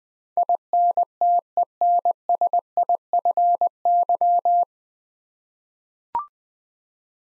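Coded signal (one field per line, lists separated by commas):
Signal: Morse code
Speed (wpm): 20 wpm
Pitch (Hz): 700 Hz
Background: none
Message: INTENSIFY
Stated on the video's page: Morse practice drill at 20wpm of nine-letter words for head-copy, each word sent twice.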